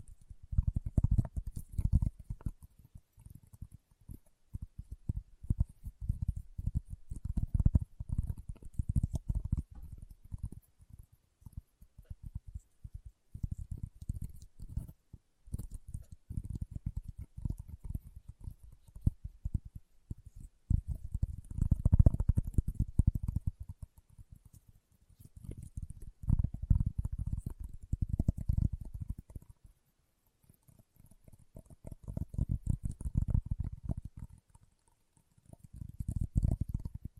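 Leather being tapped and scratched in dense bursts of soft, low thuds and rustling strokes, each burst lasting a few seconds. Short quiet pauses fall between them, near 15, 20, 25 and 29 seconds. A faint hiss runs along the top throughout.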